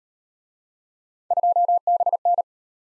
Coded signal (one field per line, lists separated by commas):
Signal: Morse code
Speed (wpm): 38 wpm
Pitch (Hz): 700 Hz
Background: none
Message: 2BN